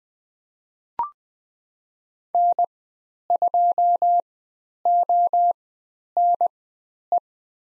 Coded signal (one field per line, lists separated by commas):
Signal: Morse code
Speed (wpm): 20 wpm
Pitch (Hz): 700 Hz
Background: none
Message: N2ONE